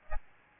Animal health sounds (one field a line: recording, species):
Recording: mosquito wingbeat signal from an infrared sensor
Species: Aedes albopictus